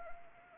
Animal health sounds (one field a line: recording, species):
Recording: mosquito wingbeat signal from an infrared sensor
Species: Anopheles arabiensis